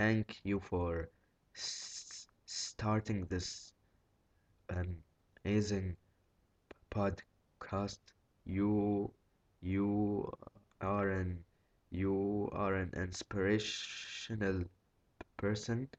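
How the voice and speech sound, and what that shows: Adult male speech broken by long silent blocks, repeated 'you' and stretched sounds: mid-to-severe stuttering.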